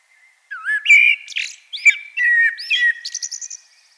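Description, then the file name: Common blackbird giving a single continuous song phrase, flute-like warbled notes running into a rapid, high, scratchy twittering finish. "Turdus merula"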